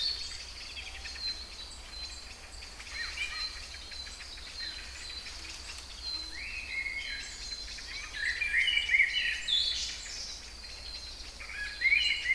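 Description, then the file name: Songbirds singing, with scattered chirps early on building to lively, rapid twittering phrases later, over a faint steady high-pitched drone. Kouri Forest, Salonika (Thessaloniki), Greece; recorded 22 May 2012 at 18:35. "Singing Birds Kouri Forest Salonika 22 05 12 18 35"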